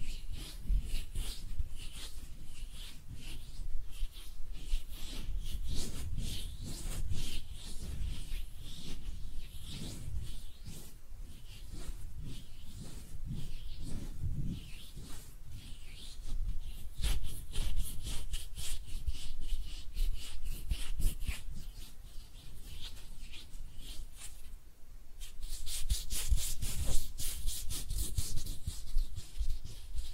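Hands rub together in a steady, dense stream of dry, brushing strokes, with soft low thumps underneath. The friction comes in quick, fairly regular pulses, growing louder and brighter after about 25 seconds, with a brief quiet dip just before.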